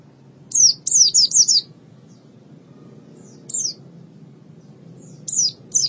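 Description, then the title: White-eye giving short bursts of high, downslurred chirps: a quick cluster of four or five notes, then single notes and a pair after pauses. "Kicauan Burung Pleci"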